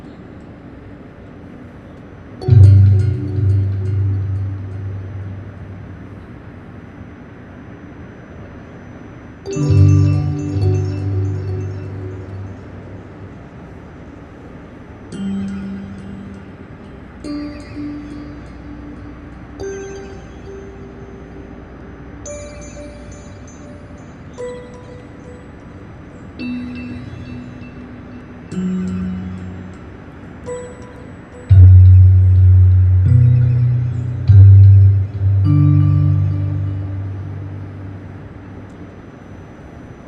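Ethereal tones ring from a long stainless steel wave as people trigger its strings, each note blooming low and fading slowly. Strong plucks land near 3, 10 and 32 seconds, with softer, higher notes scattered between over a steady low hum.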